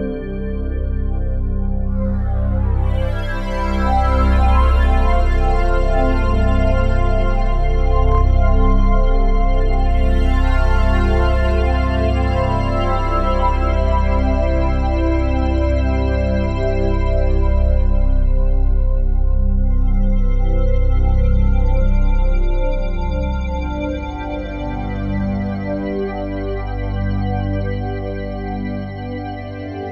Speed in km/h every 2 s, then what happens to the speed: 87, 86, 83, 80, 79, 84, 87, 87, 87, 87, 87, 93, 98, 94, 97.
0-8 slows to 79. 8-13 speeds up to 87. 13-20 steady at about 87. 20-24 speeds up to 98. 24-30 steady at about 97.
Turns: none.